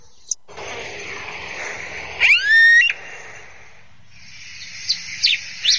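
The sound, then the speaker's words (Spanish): A red-crested finch sings over a steady hiss of background noise: a bright rising whistled phrase in the middle, then a few short high chirps toward the end. “Esta es una brasita.”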